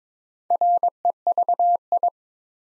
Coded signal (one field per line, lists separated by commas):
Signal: Morse code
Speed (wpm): 22 wpm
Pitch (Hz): 700 Hz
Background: none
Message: REVI